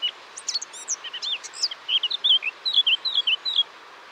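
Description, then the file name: Eurasian blackcap singing: a brief chattering, scratchy warble that breaks into loud, clear fluted notes, ending abruptly. "Sylvia atricapilla"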